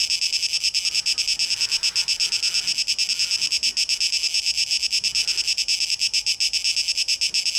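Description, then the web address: Cicadas sounding a strident high buzz that pulses quickly for the whole stretch, with nothing else prominent. Cicadas, 12 August 2023. "rauschpartikel 2023-08-12 Zikaden"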